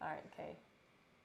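A Cat6 RJ45 plug is being handled in a hand crimping tool, ready to be squeezed. Someone talks briefly in the first half second, then only quiet room noise remains. Nothing has seated or clicked yet.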